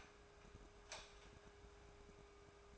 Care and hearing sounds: daily activity, microphone in the room; light on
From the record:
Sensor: 2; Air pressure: 1010.1 hPa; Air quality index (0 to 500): 160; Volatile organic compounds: 7 ppm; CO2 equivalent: 2003 ppm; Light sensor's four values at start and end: 40/97/43/49 and 44/110/49/54

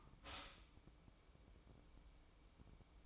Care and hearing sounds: daily activity, microphone in the room; stop toaster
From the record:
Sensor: 1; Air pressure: 1007.2 hPa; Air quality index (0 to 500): 77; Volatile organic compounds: 1 ppm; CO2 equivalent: 665 ppm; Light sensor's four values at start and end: 8/19/7/8 and 8/19/7/8

